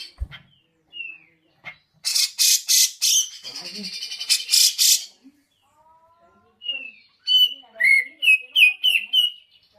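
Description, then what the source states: Grey-cheeked bulbul giving harsh, buzzy chattering bursts in quick runs, then a series of short whistled slurred notes. Masteran training song, long duration.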